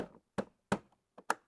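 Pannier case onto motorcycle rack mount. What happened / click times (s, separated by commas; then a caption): The hard case locked onto its mount / 1.3 s. A hard pannier case is hooked into the two mounting slots of its rack mount on a Kawasaki Versys 650 motorcycle, slid over and locked in place. Several hollow knocks at about 0.4, 0.7 and 1.2 seconds lead to a loud, sharp snap at 1.3 seconds. The pannier is seated and locked onto the mount.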